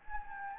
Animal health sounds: mosquito wingbeat signal from an infrared sensor; Anopheles gambiae

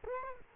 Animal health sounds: mosquito wingbeat signal from an infrared sensor; Culex quinquefasciatus

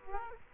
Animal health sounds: mosquito wingbeat signal from an infrared sensor; Culex quinquefasciatus

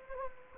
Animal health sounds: mosquito wingbeat signal from an infrared sensor; Anopheles gambiae

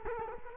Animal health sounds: mosquito wingbeat signal from an infrared sensor; Culex quinquefasciatus

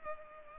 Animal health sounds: mosquito wingbeat signal from an infrared sensor; Culex pipiens

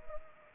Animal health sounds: mosquito wingbeat signal from an infrared sensor; Anopheles arabiensis

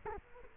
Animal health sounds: mosquito wingbeat signal from an infrared sensor; Culex quinquefasciatus

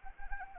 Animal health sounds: mosquito wingbeat signal from an infrared sensor; Anopheles arabiensis

